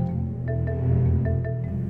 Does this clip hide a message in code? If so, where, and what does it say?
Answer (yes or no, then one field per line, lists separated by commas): no